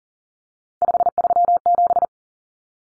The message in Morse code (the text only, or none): 537